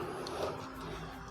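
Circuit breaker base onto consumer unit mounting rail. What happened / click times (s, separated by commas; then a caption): The plastic base snapped onto its mounting rail / 0.3 s. The plastic base of an RCBO circuit breaker is lined up on the metal mounting rail inside a consumer unit and pressed in. A single short click at 0.3 s marks it snapping into place, and it stays locked onto the rail.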